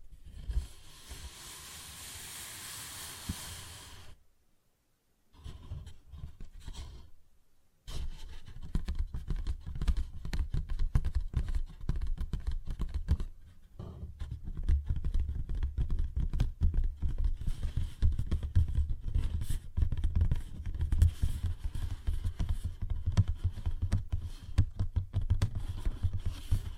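Tapping and scratching on a paper bag, starting with a soft rustling hiss, then silence around five seconds and again near seven. From about eight seconds on, dense, irregular taps and scrapes continue steadily with a low thumping undertone, briefly pausing near fourteen seconds.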